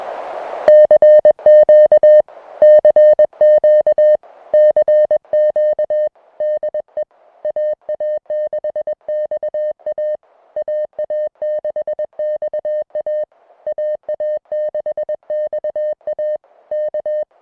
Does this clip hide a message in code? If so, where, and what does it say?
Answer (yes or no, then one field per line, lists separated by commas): yes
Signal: Morse code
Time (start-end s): 0.7-17.2 s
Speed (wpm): 21 wpm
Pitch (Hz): 610 Hz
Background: music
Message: CQ CQ CQ DE AA6XA AA6XA AA6XA K